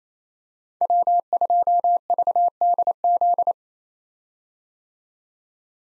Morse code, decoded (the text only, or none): W2VDZ